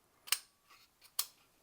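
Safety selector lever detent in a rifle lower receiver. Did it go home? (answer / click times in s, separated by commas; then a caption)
yes / 0.3 s, 1.2 s. With the spring and detent pushed up into a rifle lower receiver, the safety selector lever is rotated to test it, giving sharp metallic clicks at 0.3 s and 1.2 s with fainter rustling between them. The lever snaps into its detent position and locks in place, showing the detent is doing its job.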